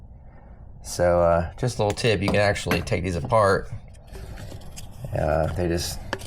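Someone talks while handling the two plastic halves of an EVAP canister vent solenoid valve from a 2007–2013 Chevrolet Silverado, which fit together with a twist-lock bayonet joint. A brief faint tap is heard at 4.8 s. Nothing has seated or clicked yet.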